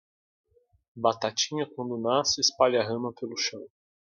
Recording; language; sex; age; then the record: short text; Brazilian Portuguese; male; 20 to 29 years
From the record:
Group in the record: control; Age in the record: 28 years